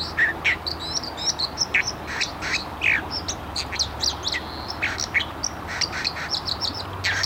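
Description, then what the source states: White-throated Dipper calling: quick series of short, scratchy high chirps, fairly continuous, against constant background noise. Recorded at Tyyrinvirta.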